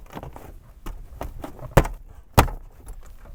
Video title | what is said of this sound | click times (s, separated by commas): Thinkware X1000 Dash Cam Install (Ram 3500) | it does take a little bit of force because it has a lot of play but they are clicked in right now so they're not going to come back down | 1.2 s, 1.8 s, 2.4 s